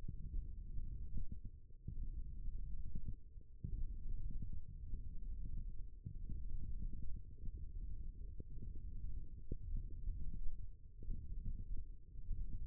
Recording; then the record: forearm muscle sounds (acoustic myography)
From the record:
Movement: tripod grip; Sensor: system 1, eight BSWA MPA416 microphones around the upper forearm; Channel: 7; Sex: male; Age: 18 years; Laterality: right